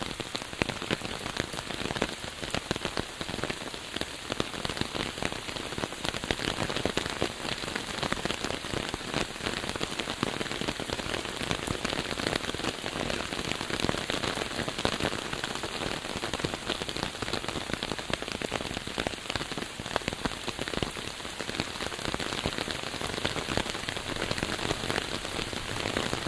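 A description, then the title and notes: Light rain falls steadily through a forest, a dense, even patter of drops striking leaves and ground with no pauses. Countless small ticks crowd the mid and upper range, while the overall level holds constant for the whole stretch. Sounds of a forest during light rain.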